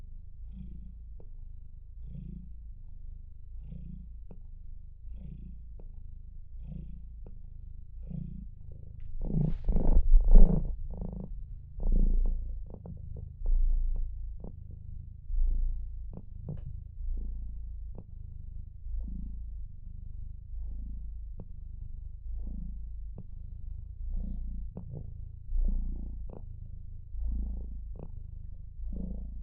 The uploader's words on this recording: This Bilbcast is a very relaxed, very happy podcast that’s simply just a good boy purring.